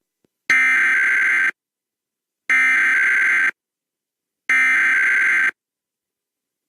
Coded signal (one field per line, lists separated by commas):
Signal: Emergency Alert System (SAME) tones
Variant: header bursts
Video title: KOPB Kids Monthly EAS Alert